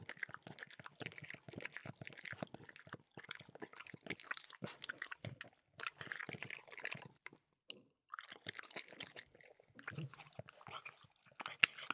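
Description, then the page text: French bulldog eating: steady crunching and chewing in dense bursts, a brief pause near seven seconds, then more smacking and biting sounds. "French Bulldog Eating 1. Quick Sounds"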